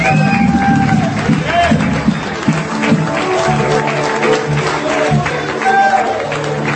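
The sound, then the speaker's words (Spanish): An audience at an evening church service claps and cheers continuously for God, a dense, steady wash of applause mixed with excited voices and some whistling, staying loud throughout. “¿Cuántos le aplauden al Dios de gloria en esta noche, hermano?”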